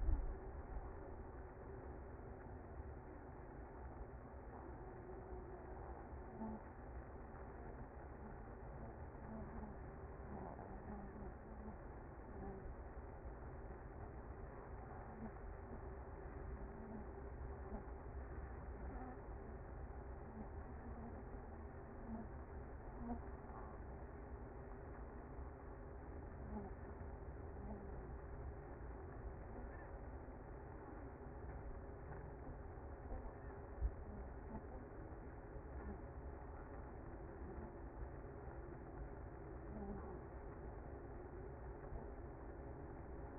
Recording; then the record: honeybee colony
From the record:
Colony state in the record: active